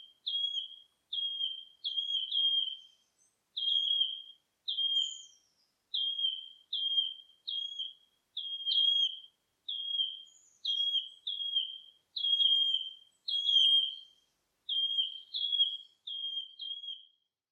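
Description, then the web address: Wood warbler singing a long run of piping, down-slurred whistles, steady and clear against a quiet background. Recorded 19 July 2025. "fagelljud 20250719 gronsangare"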